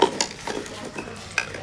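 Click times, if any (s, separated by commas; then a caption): none. A gray plastic electrical connector is handled against its mating plug on the wiring harness of a 2020–2025 BMW S1000RR during a lowering link installation. Light plastic rattles and taps sound, with sharper hits near 0.0, 0.2 and 1.4 seconds. Nothing has seated or clicked yet.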